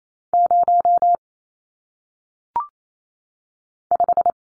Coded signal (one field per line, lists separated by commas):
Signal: Morse code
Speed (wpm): 28 wpm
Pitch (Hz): 700 Hz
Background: none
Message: 0 5